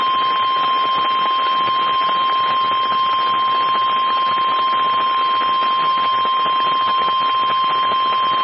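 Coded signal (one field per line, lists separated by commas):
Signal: Emergency Alert System (SAME) tones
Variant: 1050 Hz attention tone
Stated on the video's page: Severe storm alerts received from NOAA weather radio stations in Covington, Kentucky, Columbus and Miamisburg, Ohio.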